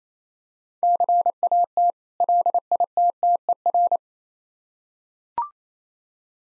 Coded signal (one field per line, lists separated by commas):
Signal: Morse code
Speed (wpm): 27 wpm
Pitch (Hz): 700 Hz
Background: none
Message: CAT LITTER